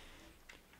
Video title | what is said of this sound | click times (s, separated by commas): Dell Inspiron 15 3521 Battery Upgrade: Unboxing, Overview, Test (SKstyle / SIKER) | it down, and it does snap into place. | 0.5 s